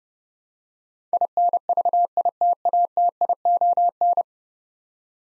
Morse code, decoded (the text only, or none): INVITATION